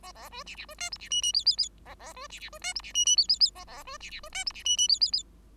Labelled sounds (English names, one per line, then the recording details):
Bengalese Finch song
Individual Bird5